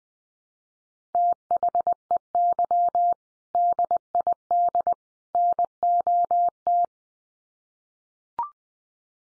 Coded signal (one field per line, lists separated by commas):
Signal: Morse code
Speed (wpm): 20 wpm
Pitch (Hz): 700 Hz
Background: none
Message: THEY DID NOT